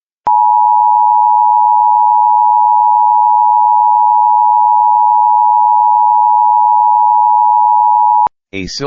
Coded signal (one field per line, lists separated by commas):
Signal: Emergency Alert System (SAME) tones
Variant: 853 and 960 Hz attention tone